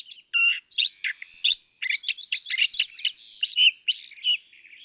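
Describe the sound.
California thrasher with a continuous jumble of loud, scratchy and squeaky notes, varied phrases following each other quickly.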